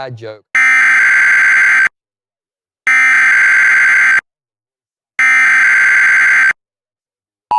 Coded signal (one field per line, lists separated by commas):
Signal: Emergency Alert System (SAME) tones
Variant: header bursts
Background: speech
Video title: [EAS #40-42] 11-2-2018 Alerts (NJTV)